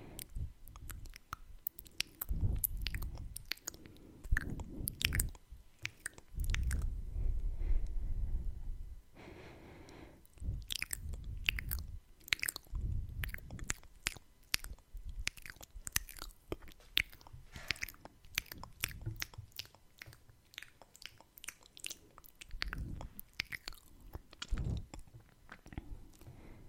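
ASMR mouth sounds: rapid, dense wet clicks and smacking tongue noises, with soft low thumps and brushing breaths swelling in between.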